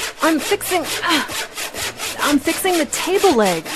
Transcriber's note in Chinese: Sound of a saw cutting wood; grunt; grunt